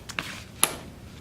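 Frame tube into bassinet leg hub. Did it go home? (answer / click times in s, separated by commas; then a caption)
yes / 0.6 s. A frame tube without grooves is pushed into the top channel of a plastic leg hub on a Graco Dream Suite bassinet. A faint knock at 0.2 seconds is followed by a loud, short, bright click at 0.6 seconds. The tube seats in the hub.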